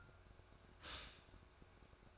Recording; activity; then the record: daily activity, microphone in the room; stop toaster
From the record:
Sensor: 2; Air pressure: 1004.1 hPa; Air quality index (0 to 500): 193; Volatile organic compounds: 11 ppm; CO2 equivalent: 2312 ppm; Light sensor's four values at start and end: 4/10/4/4 and 4/10/4/4